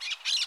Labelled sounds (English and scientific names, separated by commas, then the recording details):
Brown-throated Parakeet (Eupsittula pertinax) contact call
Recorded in Curacao
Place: along powerline, near entrance of Santa Barbara resort
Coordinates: 12.068, -68.844